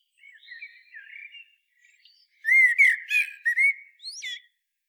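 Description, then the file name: Common blackbird singing: a quiet, rambling warble, then a loud, rich fluted phrase with sharp high squeaks at its close. "Turdus merula"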